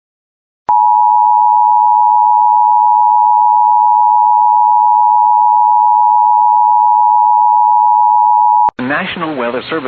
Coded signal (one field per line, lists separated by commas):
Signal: Emergency Alert System (SAME) tones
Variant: 853 and 960 Hz attention tone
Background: speech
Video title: IT’S DOUBLEHEADER TIME!!! EAS Alerts from 3/22/2026 (EAS 173-207)